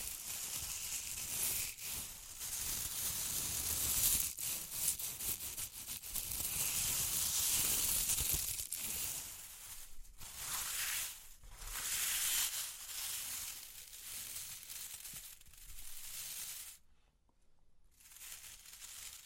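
Experimental triggers in test tubes: dense crinkling and hissing scratches with brief pauses, a near-silent gap around seventeen seconds, then rustling resumes.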